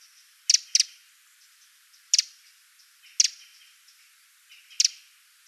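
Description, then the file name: Eurasian wren giving sharp, dry double clicks at irregular intervals. "Troglodytes troglodytes"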